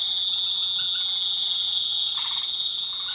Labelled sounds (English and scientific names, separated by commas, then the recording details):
none
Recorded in pastures near Puerto Asís, Putumayo, Colombia, on 12 March 2025 at 20:00
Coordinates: 0.487, -76.322
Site G077